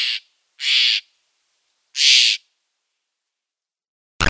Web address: Steller's Jay